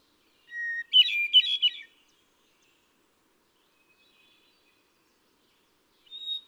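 Hermit thrush singing a clear opening whistle followed by a quick series of ringing, fluty notes, then a long silence and the start of another phrase at a higher pitch.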